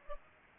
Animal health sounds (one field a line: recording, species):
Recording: mosquito wingbeat signal from an infrared sensor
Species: Aedes aegypti